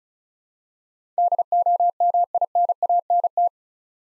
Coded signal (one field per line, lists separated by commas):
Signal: Morse code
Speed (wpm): 34 wpm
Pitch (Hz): 700 Hz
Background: none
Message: DOMINANT